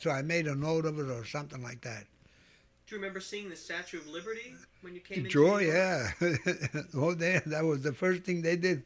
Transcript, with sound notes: I made a note of it or something like that.
Do you remember seeing the Statue of Liberty when you came into New York?
Joy, yeah. ( he laughs ) Oh, that was the first thing they did.